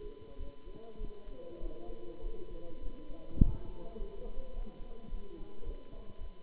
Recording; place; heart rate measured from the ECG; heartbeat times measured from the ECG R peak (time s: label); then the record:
heart sounds by stethoscope; between the tricuspid and mitral areas; 103 bpm
0.36 s: heartbeat
0.96 s: heartbeat
1.58 s: heartbeat
2.19 s: heartbeat
2.78 s: heartbeat
3.37 s: heartbeat
3.95 s: heartbeat
4.51 s: heartbeat
5.07 s: heartbeat
5.62 s: heartbeat
6.16 s: heartbeat
From the record:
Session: Bruce protocol treadmill stress test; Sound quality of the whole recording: good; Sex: male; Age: 26 years